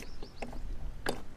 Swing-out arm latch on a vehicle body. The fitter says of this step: and secure it in position yeah locks in place